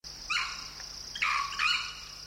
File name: gallus lafayetii